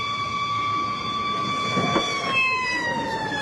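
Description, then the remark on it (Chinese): A fire engine's siren wails as it arrives, with steady high tones that slowly drift downward in pitch, over a low rumbling background of traffic or engine noise, with no one speaking. “哎呦，可有救雷，消防车也来”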